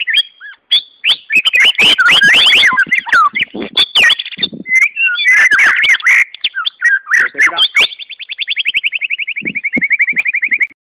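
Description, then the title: White-rumped Shama song, a dense rush of varied whistles, clicks and chattering notes that ends in a long, fast, even trill. "murai batu"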